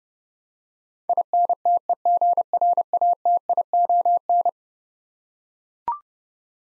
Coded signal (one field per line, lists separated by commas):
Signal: Morse code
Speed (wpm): 32 wpm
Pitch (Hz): 700 Hz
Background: none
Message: INTEGRATION